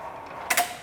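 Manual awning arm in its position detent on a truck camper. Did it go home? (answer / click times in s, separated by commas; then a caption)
yes / 0.5 s. A manual roll-out awning on a truck camper is pulled out by hand, and its arm clicks into one of its three set stop positions. A sharp mechanical click at 0.5 s is quickly followed by a second short burst and a fading ring over a quiet background. The arm is seated in its position detent.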